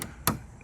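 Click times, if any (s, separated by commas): 0.3 s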